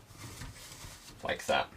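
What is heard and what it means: A hard drive is handled as it goes vertically down into a plastic drive caddy or bay, the kind that snaps drives into place on this model, while someone talks. Two louder handling knocks come at about 1.3 and 1.5 seconds. Nothing has seated or clicked yet.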